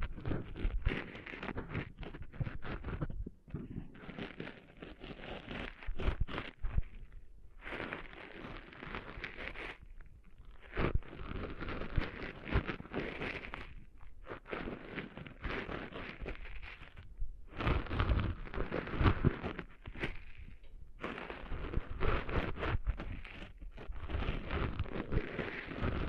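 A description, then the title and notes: Sand is cleaned out of an ear in dense, scratchy rubbing bursts lasting a few seconds each, broken by brief silent pauses throughout. ASMR Cleaning Sand Out of Your Ears (No Talking).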